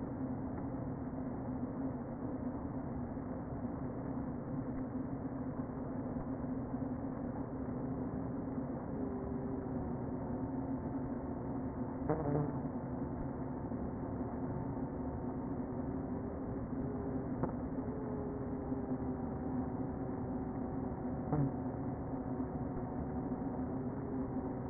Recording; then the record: honeybee colony, microphone inside the hive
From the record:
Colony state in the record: queen present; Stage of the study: before two queens were removed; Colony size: about 60,000 bees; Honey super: yes